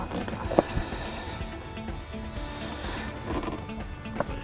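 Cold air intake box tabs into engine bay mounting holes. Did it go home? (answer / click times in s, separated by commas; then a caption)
yes / 0.6 s, 4.2 s. A plastic S&B cold air intake box is pushed down into the engine bay of a 2013 Jeep Wrangler JK so its three bottom tabs go into the mounting holes. Sharp snaps are heard at 0.6 s and 4.2 s over a steady background hum. The box is confirmed snapped into place.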